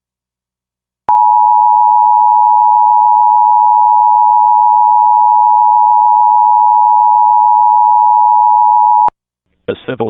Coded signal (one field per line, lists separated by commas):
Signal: Emergency Alert System (SAME) tones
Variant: 853 and 960 Hz attention tone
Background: speech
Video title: EAS #697: EAS Required Monthly Test- Sep. 10, 2022- 8:45PM PDT